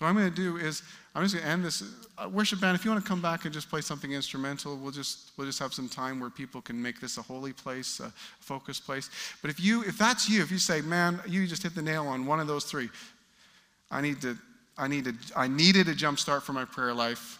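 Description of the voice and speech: A man speaks clearly and fluently with a normal voice, delivering a sermon-style address with ordinary pauses.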